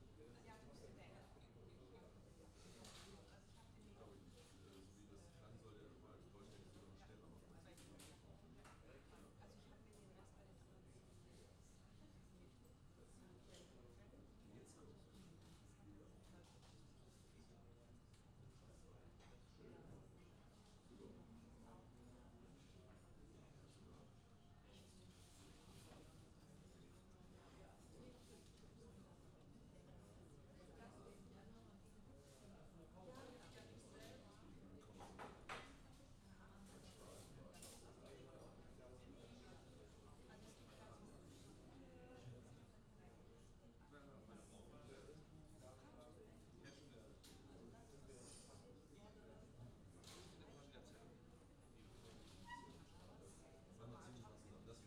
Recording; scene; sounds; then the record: everyday scene through a hearing-aid microphone; many people talking; many voices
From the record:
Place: university cafeteria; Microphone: in the ear canal, left